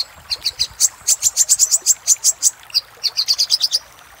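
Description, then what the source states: Little spiderhunter song: a series of sharp, very high ringing chips in runs with short gaps. Master recording used for training cage birds; 'Labaik' type of little spiderhunter song.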